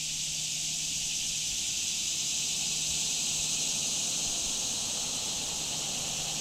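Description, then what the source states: Insect chorus of continuous shrill buzzing, even and unbroken, over a faint low hum. Summer insect chorus recorded in July 2017 in Shawnee National Forest.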